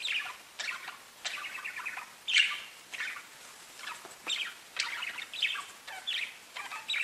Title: Budgie Sounds